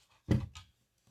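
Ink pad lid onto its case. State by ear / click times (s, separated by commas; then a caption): seated / 0.3 s. A plastic ink pad lid, left open on a second ink pad, is pressed shut onto its case. A sharp click at 0.3 s is followed by a brief rattle, confirming the lid is completely closed.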